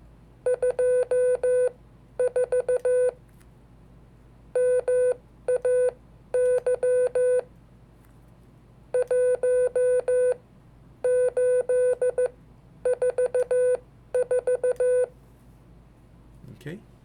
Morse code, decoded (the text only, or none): 24 MAY 1844